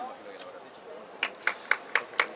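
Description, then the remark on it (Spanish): Audience applause in the form of five sharp, evenly spaced claps in a quick steady rhythm, preceded by a soft murmur of voices and a few faint scattered taps, at the start of a talk on social rights, just after the speaker's introduction. “Era una presentación, ¿no? Eso no se aplaude.”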